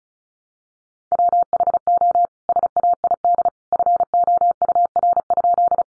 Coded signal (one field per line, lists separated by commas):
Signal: Morse code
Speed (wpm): 34 wpm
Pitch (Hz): 700 Hz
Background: none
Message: WHO SAID FOUR?